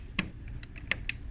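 An old, fragile plastic part inside a Maytag dryer is pressed into place behind its bottom hook. Sharp clicks sound at 0.2 s and 0.9 s, with softer ticks between them and another at 1.1 s. The part is confirmed seated, snapped in.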